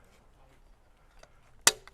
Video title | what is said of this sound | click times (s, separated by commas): Loggia Set Up (English) | and that is just going to click into place when you extend it up | 1.7 s